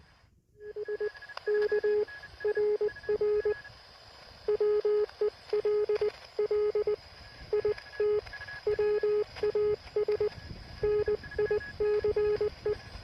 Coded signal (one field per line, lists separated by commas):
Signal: Morse code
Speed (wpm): 19 wpm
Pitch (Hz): 420 Hz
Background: none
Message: SK RR WELL IT WAS NICE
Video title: Its just NOT SOTA! Lockdown QRP CW on a nearby hill